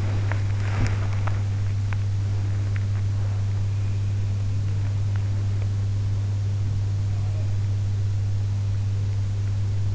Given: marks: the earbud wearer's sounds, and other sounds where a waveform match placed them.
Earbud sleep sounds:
sounds in sleep by an in-ear microphone; swallowing
0.00-1.45 s: swallowing

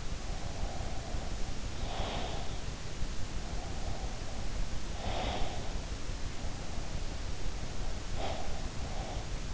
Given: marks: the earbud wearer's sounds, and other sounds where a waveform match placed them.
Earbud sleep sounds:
sounds in sleep by an in-ear microphone; breath
0.49-2.83 s: breath
3.54-6.01 s: breath
7.61-9.54 s: breath

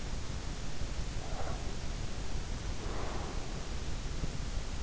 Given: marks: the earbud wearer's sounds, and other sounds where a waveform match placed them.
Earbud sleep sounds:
sounds in sleep by an in-ear microphone; breath
1.12-3.65 s: breath

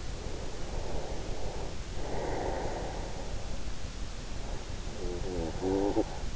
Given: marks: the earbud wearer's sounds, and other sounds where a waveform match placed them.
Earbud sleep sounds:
sounds in sleep by an in-ear microphone; breath, talking in sleep
0.26-3.04 s: breath
4.81-6.36 s: talking in sleep

